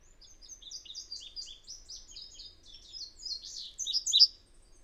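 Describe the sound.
Bird song as a quick, even string of high, thin chirps, rising to a louder burst of sharper notes near the end before stopping.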